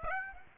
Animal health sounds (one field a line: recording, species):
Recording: mosquito wingbeat signal from an infrared sensor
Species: Aedes aegypti